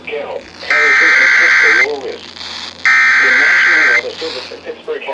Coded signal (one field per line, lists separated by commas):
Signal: Emergency Alert System (SAME) tones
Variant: header bursts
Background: speech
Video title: Severe Thunderstorm Warning (5/25/19) (EAS #223)